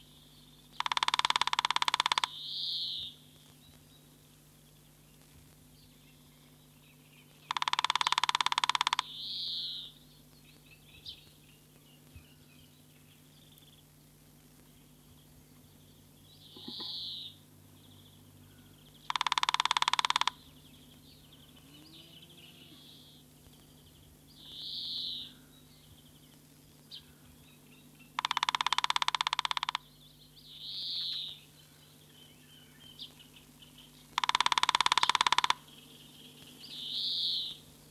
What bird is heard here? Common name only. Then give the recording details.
Middle Spotted Woodpecker. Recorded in the wild. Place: Chorin, Schorfheide-Chorin, Brandenburg, DE. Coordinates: 52.9125, 14.0028. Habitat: wood. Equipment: Uran, Reflektor. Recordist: Alscher